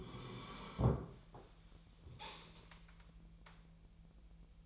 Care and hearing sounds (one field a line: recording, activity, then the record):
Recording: daily activity, microphone in the room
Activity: sit down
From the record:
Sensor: 1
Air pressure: 1002.0 hPa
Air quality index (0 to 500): 246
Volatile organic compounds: 114 ppm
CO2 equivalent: 3839 ppm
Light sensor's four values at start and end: 11/27/11/13 and 11/27/11/13